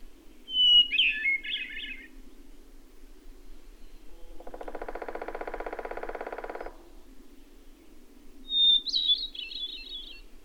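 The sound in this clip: Bird song: two whistle-and-twitter warbled phrases, separated by an even, pulsing buzz lasting about two seconds.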